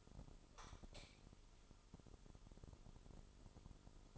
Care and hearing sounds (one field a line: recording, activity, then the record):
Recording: daily activity, microphone in the room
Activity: light on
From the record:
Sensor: 5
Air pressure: 988.5 hPa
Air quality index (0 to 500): 212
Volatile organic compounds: 102 ppm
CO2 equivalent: 3768 ppm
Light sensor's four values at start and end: 45/134/52/56 and 46/139/54/58